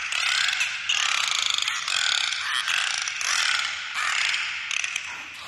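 Dolphin burst-pulse calls, rapid ratcheting pulses in several bursts with short breaks between them.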